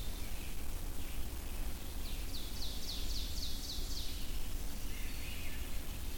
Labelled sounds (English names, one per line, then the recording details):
Ovenbird song
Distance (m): 80 m
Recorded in boreal forest in Alberta, Canada, on 22 June 2016 at 06:35
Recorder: SongMeter 3, array SBT-6-76
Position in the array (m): 163 m, 127 m
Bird 3